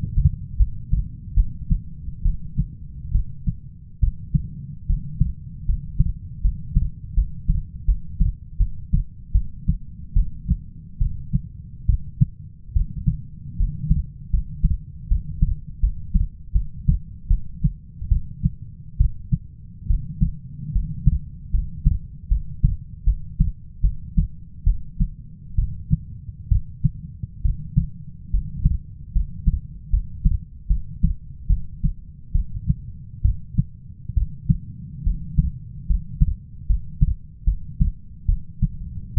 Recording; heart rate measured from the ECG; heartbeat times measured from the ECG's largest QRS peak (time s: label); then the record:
heart sounds by stethoscope; 73 bpm
0.57 s: heartbeat
1.35 s: heartbeat
2.23 s: heartbeat
3.12 s: heartbeat
4.00 s: heartbeat
4.87 s: heartbeat
5.66 s: heartbeat
6.42 s: heartbeat
7.15 s: heartbeat
7.86 s: heartbeat
8.58 s: heartbeat
9.32 s: heartbeat
10.14 s: heartbeat
10.99 s: heartbeat
11.87 s: heartbeat
12.74 s: heartbeat
13.57 s: heartbeat
14.31 s: heartbeat
15.08 s: heartbeat
15.81 s: heartbeat
16.53 s: heartbeat
17.28 s: heartbeat
18.09 s: heartbeat
18.98 s: heartbeat
19.88 s: heartbeat
20.73 s: heartbeat
21.52 s: heartbeat
22.29 s: heartbeat
23.05 s: heartbeat
23.82 s: heartbeat
24.64 s: heartbeat
25.56 s: heartbeat
26.49 s: heartbeat
27.42 s: heartbeat
28.31 s: heartbeat
29.13 s: heartbeat
29.90 s: heartbeat
30.68 s: heartbeat
31.47 s: heartbeat
32.33 s: heartbeat
33.22 s: heartbeat
34.15 s: heartbeat
35.04 s: heartbeat
35.87 s: heartbeat
36.67 s: heartbeat
37.45 s: heartbeat
38.26 s: heartbeat
39.15 s: heartbeat
From the record:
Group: healthy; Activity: cold pressor test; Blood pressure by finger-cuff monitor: 130/59 mmHg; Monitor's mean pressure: 83 mmHg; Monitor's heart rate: 74 bpm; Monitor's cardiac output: 7.4 L/min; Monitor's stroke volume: 102 mL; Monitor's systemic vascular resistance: 800 dyn s/cm5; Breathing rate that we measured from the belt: 8 breaths a minute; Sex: female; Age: 37 years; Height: 168 cm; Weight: 70 kg